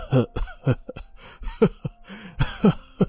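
A string of harsh, throaty coughs comes in uneven bursts, some strained and raspy, with brief pauses between them and no talking, as a man coughs while being choked by the throat.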